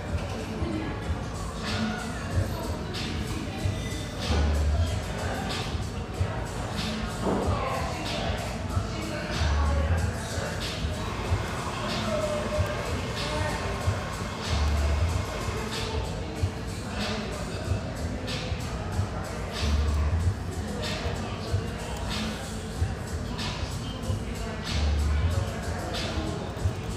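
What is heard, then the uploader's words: A busy high-ceilinged coffee shop hums with steady overlapping chatter and frequent cup clatter, while a low thud repeats about every five seconds. Sellwood, Portland, Oregon. Family-oriented, high-ceilinged java joint near Portland's Willamette riverfront.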